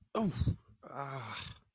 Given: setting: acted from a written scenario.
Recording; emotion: vocal sound without words; pain